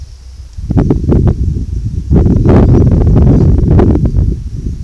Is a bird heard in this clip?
no